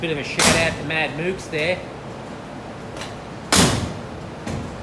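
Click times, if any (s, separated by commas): none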